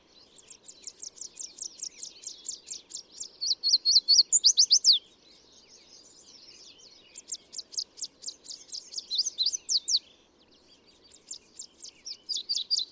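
Bird song in high, rapid trilled phrases of sharp down-slurred notes, pausing briefly between bursts.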